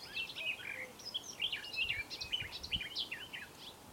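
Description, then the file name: Garden warbler singing a fast, flowing warble of mellow, varied notes without pauses, over faint background hiss. Recorded at Oostvaardersplassen, Netherlands, on 21 May 2017. "2017-05-21-Tuinfluiter--Oostvaarderplassen"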